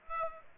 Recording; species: mosquito wingbeat signal from an infrared sensor; Aedes aegypti